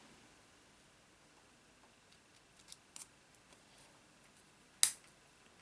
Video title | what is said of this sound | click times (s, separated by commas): MONTAGE KIT TEAM ASSO DR10 DRAG 5 TRAIN AR ET MONTAGE DES ELEMENT SUR CHASSIS ET FIN | se clipse ça c'est cool | 4.8 s